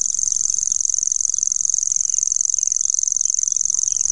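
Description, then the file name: Common grasshopper warbler delivering an unbroken, shrill, cricket-like reel of rapid pulses at an even pitch and volume throughout. "grasshopper warbler omkicau"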